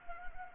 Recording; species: mosquito wingbeat signal from an infrared sensor; Anopheles gambiae